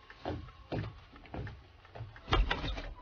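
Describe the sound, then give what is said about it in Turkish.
A series of dull, irregularly spaced knocks on a door, five or six blows with the last ones landing harder and closer together, with no voices. “Kapı çalıyor, bak bakalım kim gelmiş.”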